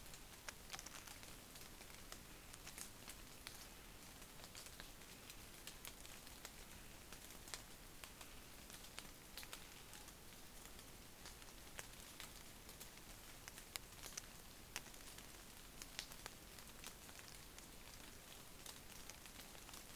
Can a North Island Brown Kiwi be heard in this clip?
no